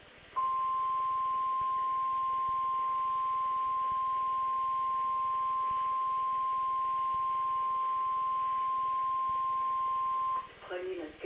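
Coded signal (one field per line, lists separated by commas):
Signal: Emergency Alert System (SAME) tones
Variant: 1050 Hz attention tone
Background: speech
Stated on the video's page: Weather Radio Canada station XLK473 shutdown broadcast, with SAME headers for an administrative message, monitored on a WR400DSP receiver.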